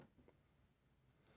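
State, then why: Seated. A metal pocket clip is reinstalled onto the plastic body of a Platinum Curidas retractable fountain pen. After some quiet handling noise, a single sharp click is heard at 1.3 s as the clip snaps into place and is seated.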